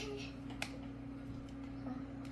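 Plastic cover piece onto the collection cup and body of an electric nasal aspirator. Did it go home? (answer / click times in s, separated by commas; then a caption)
yes / 0.6 s. A plastic cover piece is pushed onto the collection cup and body of an electric nasal aspirator, after the silicone tip and collection cup have been fitted. A sharp, short click at 0.6 s marks the piece locking into place, over a steady low hum, with a few faint handling taps near the end. The cover is seated.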